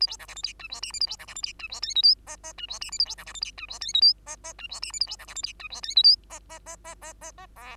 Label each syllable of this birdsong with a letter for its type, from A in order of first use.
A B C D E F G H I J A B C D E F G H K L M N N G H I J A B C D E F G H K L M N N G H I J A B C D E F G H K L M N N N N N N N O